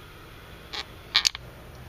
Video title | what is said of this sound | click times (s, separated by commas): Changing Fuel Filter 99-04 Jeep Grand Cherokee | if you heard that click that is on there then okay | 1.2 s, 1.3 s